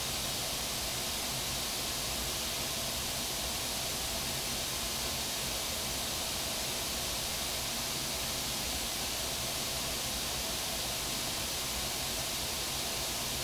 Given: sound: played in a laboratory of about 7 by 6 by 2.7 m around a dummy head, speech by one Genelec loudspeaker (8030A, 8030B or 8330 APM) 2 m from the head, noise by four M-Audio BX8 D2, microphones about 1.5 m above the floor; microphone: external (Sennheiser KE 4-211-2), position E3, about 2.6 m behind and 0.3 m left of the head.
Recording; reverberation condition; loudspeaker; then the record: white noise; low; four, about 170 cm from the corners of the room and facing them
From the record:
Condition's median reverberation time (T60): about 310 ms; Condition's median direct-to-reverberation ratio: about 3.5 dB